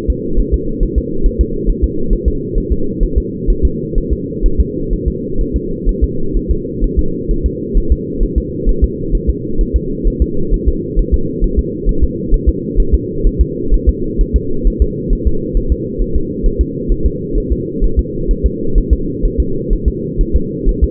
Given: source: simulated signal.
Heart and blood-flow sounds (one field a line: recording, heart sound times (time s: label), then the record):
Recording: fetal heart sounds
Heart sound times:
0.10 s: S2
0.39 s: S1
0.54 s: S2
0.83 s: S1
0.98 s: S2
1.26 s: S1
1.41 s: S2
1.69 s: S1
1.84 s: S2
2.13 s: S1
2.28 s: S2
2.58 s: S1
2.72 s: S2
3.03 s: S1
3.18 s: S2
3.50 s: S1
3.65 s: S2
3.98 s: S1
4.13 s: S2
4.46 s: S1
4.60 s: S2
4.93 s: S1
5.08 s: S2
5.41 s: S1
5.56 s: S2
5.89 s: S1
6.04 s: S2
6.37 s: S1
6.51 s: S2
6.84 s: S1
6.99 s: S2
7.31 s: S1
7.46 s: S2
7.78 s: S1
7.92 s: S2
8.23 s: S1
8.38 s: S2
8.69 s: S1
8.84 s: S2
9.15 s: S1
9.30 s: S2
9.61 s: S1
9.76 s: S2
10.07 s: S1
10.22 s: S2
10.54 s: S1
10.69 s: S2
10.99 s: S1
11.14 s: S2
11.44 s: S1
11.59 s: S2
11.89 s: S1
12.04 s: S2
12.34 s: S1
12.49 s: S2
12.80 s: S1
12.94 s: S2
13.26 s: S1
13.41 s: S2
13.74 s: S1
13.89 s: S2
14.21 s: S1
14.36 s: S2
14.67 s: S1
14.82 s: S2
15.13 s: S1
15.27 s: S2
15.57 s: S1
15.72 s: S2
16.01 s: S1
16.16 s: S2
16.46 s: S1
16.61 s: S2
16.92 s: S1
17.06 s: S2
17.38 s: S1
17.52 s: S2
17.84 s: S1
17.99 s: S2
18.31 s: S1
18.46 s: S2
18.78 s: S1
18.93 s: S2
19.25 s: S1
19.40 s: S2
19.73 s: S1
19.88 s: S2
20.21 s: S1
20.36 s: S2
20.69 s: S1
20.84 s: S2
From the record:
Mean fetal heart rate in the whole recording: 130 bpm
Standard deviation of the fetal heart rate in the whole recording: 4 bpm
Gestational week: 38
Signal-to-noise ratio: -8.1 dB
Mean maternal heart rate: 72 bpm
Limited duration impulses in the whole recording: absent